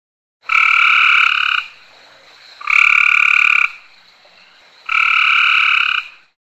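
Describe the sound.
Frog giving three long, buzzy, nasal croaks of about one second each, starting roughly two seconds apart, with a faint droning tone between them.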